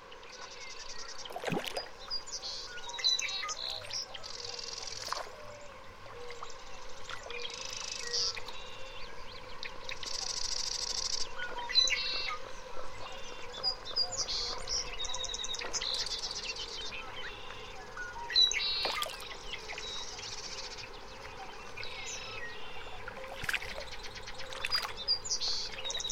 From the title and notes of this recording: A great place to listen to insects — and birds — is a remote mountain lake in the spring. Gordon Hempton, an acoustic ecologist and sonic guide for the this series, recorded the sounds of this lake in Washington’s Methow Valley. The air is so clear of noise you’ll actually be able to hear the tiny splashes of lake trout gobbling up insects from just below the surface.